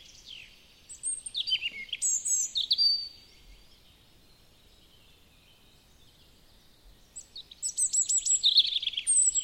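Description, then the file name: European robin singing two separate phrases of high, liquid twittering and trills, divided by a pause of about four seconds with only faint background hiss. "Erithacus rubecula"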